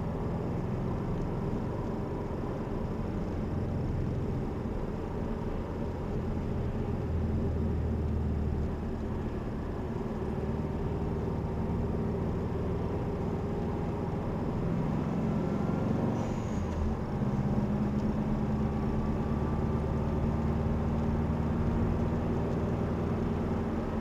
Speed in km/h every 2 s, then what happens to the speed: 53, 52, 50, 47, 45, 47, 49, 57, 58, 63, 65, 68.
0-9 slows to 45. 9-24 speeds up to 68.